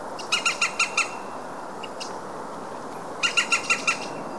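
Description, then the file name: European green woodpecker calls in two bursts, five ringing notes then five more, separated by a pause with a few faint notes. "zold kullo hangja"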